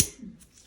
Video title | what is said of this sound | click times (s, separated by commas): VFC MP5 GBB V2 - Navy/SEF Trigger Pack Disassembly and Reassembly | perfect to hear it snap in place so that was our trigger spring | 0.0 s